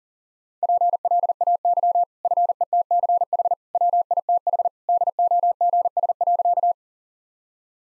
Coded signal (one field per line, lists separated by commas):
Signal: Morse code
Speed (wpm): 40 wpm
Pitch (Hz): 700 Hz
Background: none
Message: PLAY FETCH WITH DOGS.